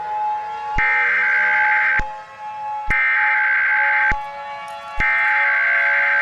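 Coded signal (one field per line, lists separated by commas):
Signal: Emergency Alert System (SAME) tones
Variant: header bursts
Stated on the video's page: Fictional EAS scenario about a large tornado outbreak in Tornado Alley, not a real alert.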